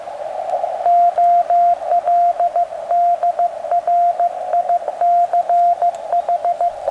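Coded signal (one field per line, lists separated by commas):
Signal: Morse code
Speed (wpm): 15 wpm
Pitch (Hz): 700 Hz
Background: radio noise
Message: OLDRICH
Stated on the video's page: Amateur CW from a forest field outing using a Yaesu FT-817ND and straight key on battery power, practicing with a couple of QSOs.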